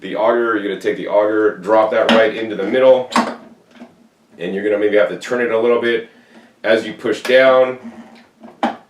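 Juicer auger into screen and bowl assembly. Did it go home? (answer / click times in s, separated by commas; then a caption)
yes / 8.6 s. Someone talks while a plastic auger is dropped into the middle of a slow juicer's screen and bowl assembly, turned a little and pushed down. At 8.6 s a sharp, hard plastic clack is heard as the auger locks into place, seated.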